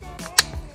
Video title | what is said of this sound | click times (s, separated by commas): No horn ? 2008 Toyota Prius clock spring replacement fix 84306-0E010 | and make sure it clicks in there. And | 0.4 s